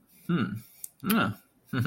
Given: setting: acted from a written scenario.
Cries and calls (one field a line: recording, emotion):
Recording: vocal sound without words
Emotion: pride